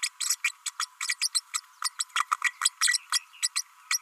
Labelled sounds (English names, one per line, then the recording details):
Green-rumped Parrotlet babbling
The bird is a female
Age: 32 days
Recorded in a nest box in Venezuela
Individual 17B32A5